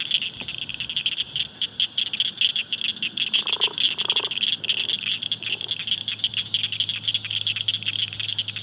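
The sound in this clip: Blanchard's cricket frog calling, a dense series of rapid, high clicking pulses throughout, with a brief pair of lower notes midway.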